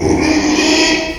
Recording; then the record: squeal of a Yucatan mini pig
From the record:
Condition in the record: after surgery on the right vocal fold (resection and tissue-engineered implant); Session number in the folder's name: 2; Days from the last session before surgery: 13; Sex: male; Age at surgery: 12 weeks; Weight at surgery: 13 kg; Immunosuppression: cyclosporine, prednisolone